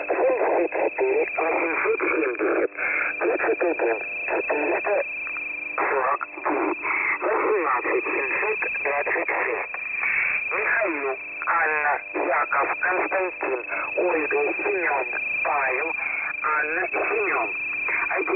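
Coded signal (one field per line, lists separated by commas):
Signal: coded military voice message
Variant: The Pip, Russian voice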